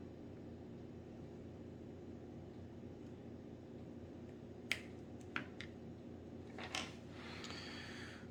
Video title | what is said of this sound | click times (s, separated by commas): HOW TO REPLACE A CRACKED SCREEN ON AN IPHONE | Whew. Okay, those are kind of going to snap into place like that. | 4.7 s, 5.4 s